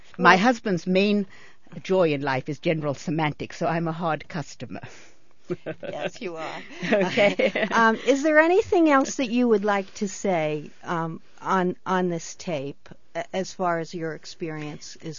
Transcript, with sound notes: My husband's main joy in life is general semantics, so I'm a hard customer.. (laughs)
Is there anything else that you would like to say on-on this tape as far as your experience is concerned?